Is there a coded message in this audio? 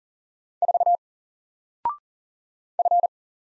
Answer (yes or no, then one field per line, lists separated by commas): yes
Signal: Morse code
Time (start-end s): 0.6-3.1 s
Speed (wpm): 40 wpm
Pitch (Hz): 700 Hz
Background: none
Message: 4 F